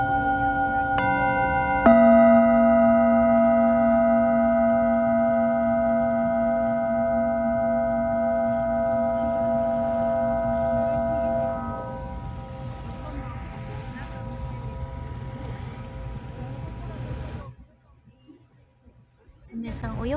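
A Tibetan singing bowl is struck a few times in the first two seconds, and its bright ringing tones hold steady, then fade out around twelve seconds. A low rumble runs underneath throughout, dropping away near seventeen seconds before a brief return at the end.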